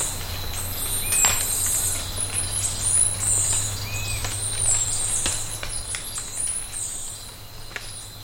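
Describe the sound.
Bird giving two brief arched whistles, set against a dense high buzzing background and a low droning hum.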